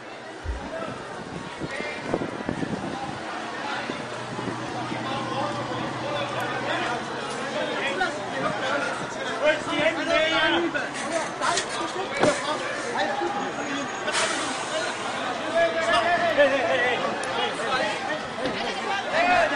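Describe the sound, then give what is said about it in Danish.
An ordinary Copenhagen city bus rolls through a dense demonstrating crowd on Nørrebrogade, its low engine drone humming steadily beneath continuous loud chatter, scattered shouts and thumps from the many people. “Vi skal høre 40 sekunder fra det klip, hvor man kan høre bussen komme kørende der.”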